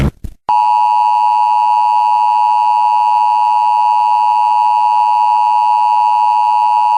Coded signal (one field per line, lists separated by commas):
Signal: Emergency Alert System (SAME) tones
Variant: 853 and 960 Hz attention tone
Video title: Zombie Emergency Alert System Warning